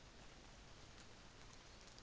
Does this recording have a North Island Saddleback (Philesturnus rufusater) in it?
no